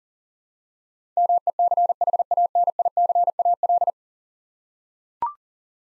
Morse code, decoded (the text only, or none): MECHANICAL